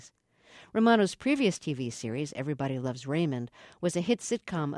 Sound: none

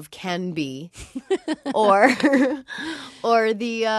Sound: soundbite of laughter

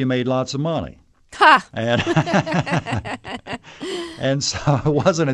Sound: soundbite of laughter

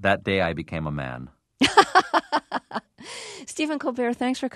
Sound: soundbite of laughter

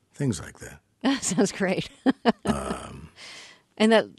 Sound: soundbite of laughter

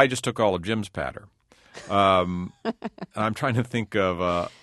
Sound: soundbite of laughter

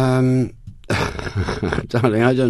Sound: soundbite of laughter

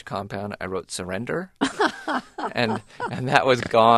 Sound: soundbite of laughter

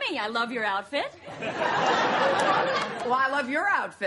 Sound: soundbite of laughter

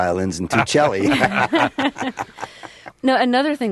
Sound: soundbite of laughter

